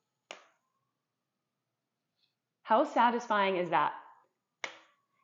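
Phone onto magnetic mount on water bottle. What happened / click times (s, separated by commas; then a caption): A device snapped onto a magnetic mount / 0.3 s. A phone is set onto the magnetic phone mount built into a water bottle and snaps on with one sharp hit at 0.3 s. Someone then talks, and another sharp hit is heard at 4.6 s. The sturdy magnet holds the phone seated without moving.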